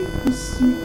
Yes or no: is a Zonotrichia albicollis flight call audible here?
no